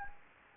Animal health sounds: mosquito wingbeat signal from an infrared sensor; Anopheles gambiae

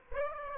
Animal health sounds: mosquito wingbeat signal from an infrared sensor; Aedes aegypti

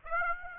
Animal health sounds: mosquito wingbeat signal from an infrared sensor; Aedes aegypti

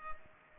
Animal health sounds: mosquito wingbeat signal from an infrared sensor; Culex pipiens

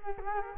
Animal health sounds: mosquito wingbeat signal from an infrared sensor; Culex quinquefasciatus

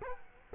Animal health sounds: mosquito wingbeat signal from an infrared sensor; Culex quinquefasciatus

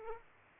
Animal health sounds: mosquito wingbeat signal from an infrared sensor; Aedes aegypti

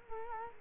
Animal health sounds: mosquito wingbeat signal from an infrared sensor; Culex quinquefasciatus

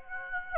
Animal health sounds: mosquito wingbeat signal from an infrared sensor; Aedes aegypti

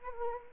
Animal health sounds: mosquito wingbeat signal from an infrared sensor; Anopheles arabiensis

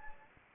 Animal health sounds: mosquito wingbeat signal from an infrared sensor; Anopheles gambiae

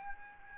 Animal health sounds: mosquito wingbeat signal from an infrared sensor; Aedes albopictus

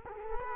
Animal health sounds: mosquito wingbeat signal from an infrared sensor; Culex quinquefasciatus

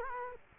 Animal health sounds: mosquito wingbeat signal from an infrared sensor; Culex quinquefasciatus

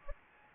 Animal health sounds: mosquito wingbeat signal from an infrared sensor; Anopheles gambiae

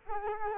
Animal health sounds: mosquito wingbeat signal from an infrared sensor; Culex quinquefasciatus

